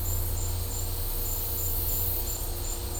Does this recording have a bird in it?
no